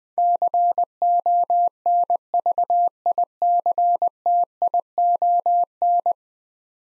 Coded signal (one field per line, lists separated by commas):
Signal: Morse code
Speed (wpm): 21 wpm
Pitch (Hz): 700 Hz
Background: none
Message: CONVICTION